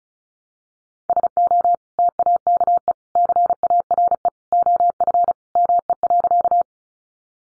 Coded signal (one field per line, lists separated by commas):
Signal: Morse code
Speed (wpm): 34 wpm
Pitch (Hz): 700 Hz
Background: none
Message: SO TAKE CARE OF ME.